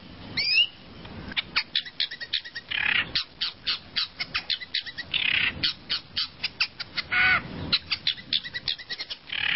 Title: Kicau Burung Pentet